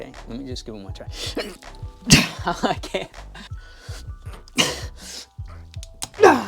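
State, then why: Released. Someone talks while giving one more try at removing a long-used titanium Aceoffix PD15 quick-release pedal that has resisted coming off its metal spindle mount on a folding bicycle crank. A sharp snap at 6.0 s marks the pedal releasing from its spindle mount.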